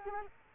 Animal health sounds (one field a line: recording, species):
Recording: mosquito wingbeat signal from an infrared sensor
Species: Culex quinquefasciatus